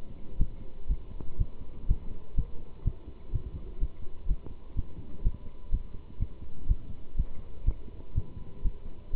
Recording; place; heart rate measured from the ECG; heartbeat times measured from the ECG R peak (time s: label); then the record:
heart sounds by stethoscope; between the tricuspid and mitral areas; 124 bpm
0.37 s: heartbeat
0.87 s: heartbeat
1.38 s: heartbeat
1.87 s: heartbeat
2.35 s: heartbeat
2.84 s: heartbeat
3.32 s: heartbeat
3.79 s: heartbeat
4.27 s: heartbeat
4.75 s: heartbeat
5.23 s: heartbeat
5.70 s: heartbeat
6.18 s: heartbeat
6.67 s: heartbeat
7.15 s: heartbeat
7.65 s: heartbeat
8.14 s: heartbeat
8.62 s: heartbeat
9.11 s: heartbeat
From the record:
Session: pedaling a stationary bicycle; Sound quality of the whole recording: good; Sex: male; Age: 27 years